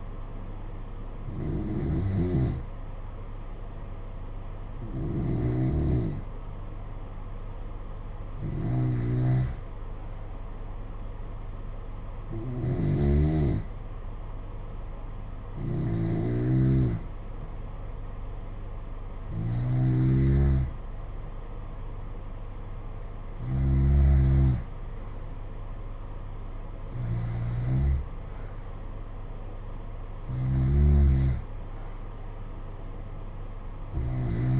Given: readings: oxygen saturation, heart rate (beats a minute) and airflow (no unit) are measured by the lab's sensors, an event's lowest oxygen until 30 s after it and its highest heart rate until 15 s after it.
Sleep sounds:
breathing in sleep by a smartphone at the bedside; none
none scored
From the record:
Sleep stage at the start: N2 (light sleep); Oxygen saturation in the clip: 90 to 91%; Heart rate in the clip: 56 to 65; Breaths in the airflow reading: 9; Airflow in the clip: -6.9 to 5.4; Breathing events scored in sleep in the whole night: 476 in 9.7 hours asleep

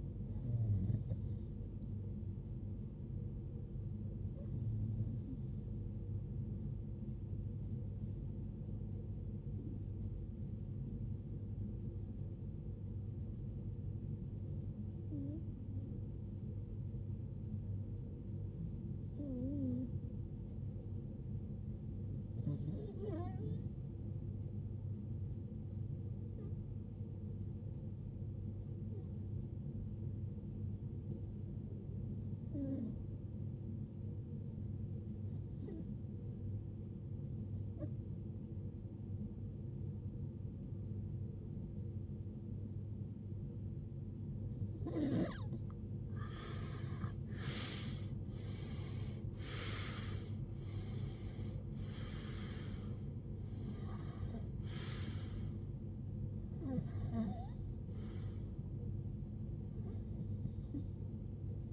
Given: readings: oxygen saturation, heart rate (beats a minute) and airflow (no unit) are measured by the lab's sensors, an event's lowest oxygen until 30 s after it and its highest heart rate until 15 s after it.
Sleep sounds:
breathing in sleep by a smartphone at the bedside; 2
10.00-23.90 s: hypopnea (REM, oxygen 95% highest, then 90% lowest, heart rate 63 at the start, 75 highest)
37.00-50.70 s: hypopnea (REM, oxygen 95% highest, then 91% lowest, heart rate 64 at the start, 75 highest)
From the record:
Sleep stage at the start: REM sleep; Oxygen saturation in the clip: 90 to 95%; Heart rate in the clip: 46 to 75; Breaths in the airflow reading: 17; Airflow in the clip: -19.7 to 17.0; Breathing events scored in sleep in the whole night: 389 in 6.3 hours asleep

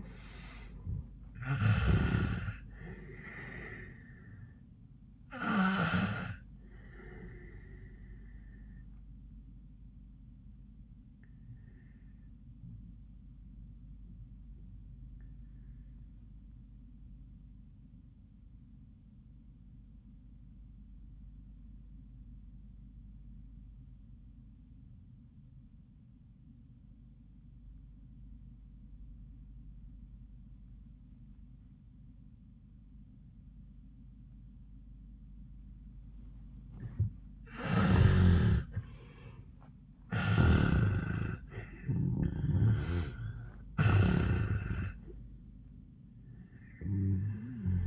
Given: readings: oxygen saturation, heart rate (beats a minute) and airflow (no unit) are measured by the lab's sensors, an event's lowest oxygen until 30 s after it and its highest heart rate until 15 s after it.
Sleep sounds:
breathing in sleep by a smartphone at the bedside; 1
7.00-37.70 s: obstructive apnea (REM, oxygen 97% highest, then 78% lowest, heart rate 92 at the start, 97 highest)
27.00-47.87 s: new sleep stage, N1 (lightest sleep)
From the record:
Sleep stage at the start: REM sleep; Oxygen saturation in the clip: 81 to 97%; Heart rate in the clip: 83 to 96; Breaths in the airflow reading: 3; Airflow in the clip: -25.8 to 14.7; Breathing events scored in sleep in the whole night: 400 in 8.7 hours asleep

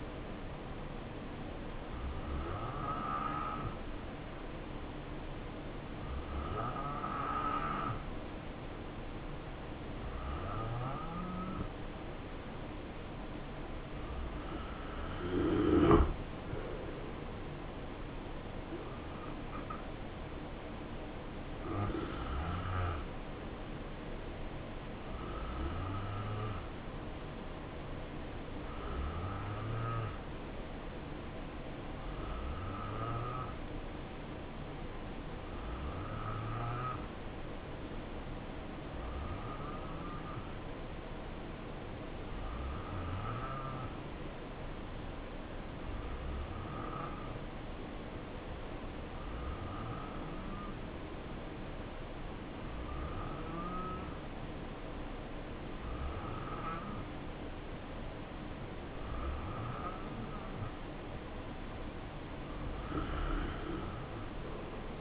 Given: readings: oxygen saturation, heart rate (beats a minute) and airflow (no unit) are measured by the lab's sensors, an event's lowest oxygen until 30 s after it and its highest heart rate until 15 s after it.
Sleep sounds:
breathing in sleep by a voice recorder at the bedside; 1
27.00-60.80 s: hypopnea (N2, oxygen 92% highest, then 87% lowest, heart rate 61 at the start, 72 highest)
From the record:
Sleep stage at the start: N2 (light sleep); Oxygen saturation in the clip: 86 to 92%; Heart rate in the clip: 61 to 72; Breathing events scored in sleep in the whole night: 277 in 7.4 hours asleep

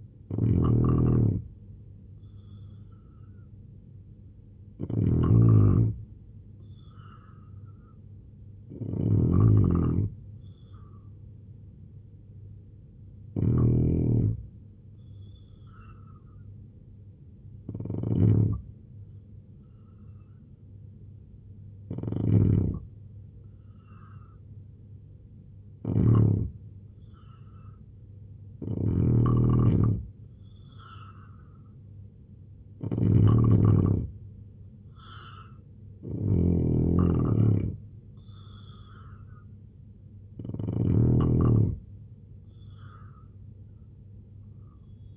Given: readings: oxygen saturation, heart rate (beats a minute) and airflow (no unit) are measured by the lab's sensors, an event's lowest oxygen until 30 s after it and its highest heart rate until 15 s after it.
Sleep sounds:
breathing in sleep by a smartphone at the bedside; 1
17.00-33.40 s: hypopnea (N3, oxygen 89% highest, then 84% lowest, heart rate 75 at the start, 81 highest)
From the record:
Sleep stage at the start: N3 (deep sleep); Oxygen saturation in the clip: 81 to 89%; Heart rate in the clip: 73 to 81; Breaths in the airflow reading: 11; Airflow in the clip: -3.2 to 5.5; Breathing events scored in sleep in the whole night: 258 in 7.4 hours asleep

